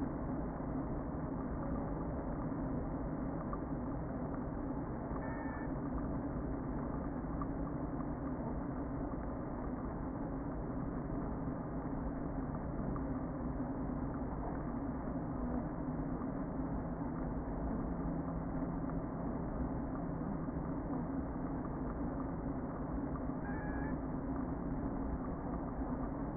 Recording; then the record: honeybee colony, microphone inside the hive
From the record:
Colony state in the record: queen present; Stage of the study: before two queens were removed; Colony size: about 60,000 bees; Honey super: yes